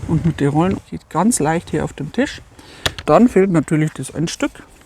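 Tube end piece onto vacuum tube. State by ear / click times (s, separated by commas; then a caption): not seated / none. A plastic end piece is handled next to the vacuum tube of a Sifuplex VSF13 cordless stick vacuum, ready to be clicked on, while someone talks throughout. Nothing has seated or clicked yet.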